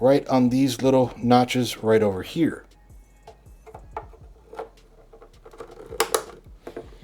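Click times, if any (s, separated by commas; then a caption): 6.0 s, 6.1 s. A DDR5 memory module is pushed down into a motherboard DIMM slot until its retaining tabs lock it in place. Someone talks for the first two and a half seconds, then quieter handling sounds follow. Two sharp clicks at 6.0 and 6.1 seconds mark the module seating.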